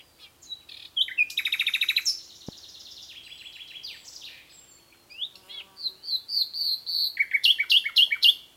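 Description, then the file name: Common nightingale song: varied phrases of sharp whistles and chirps, a fast rattling burst of repeated notes, then a series of loud repeated notes near the end. "Luscinia megarhynchos"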